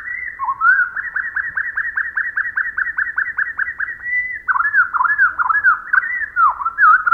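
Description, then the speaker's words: Pacific wren song at slowed speed, a steady run of many repeated downward-swooping whistles, then varied slurred whistled phrases. Song slowed to quarter speed; Pacific wrens may hear other Pacific wrens' songs this way, enabling them to imitate each other. "Let's listen again, but this time with the song slowed down to 1/4 speed."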